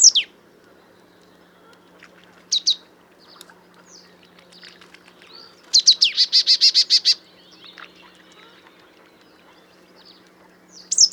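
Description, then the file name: Marsh tit calls: sharp, high chirps spaced apart, then a quick run of bright, even notes, with another short chirp at the end. "Poecile palustris"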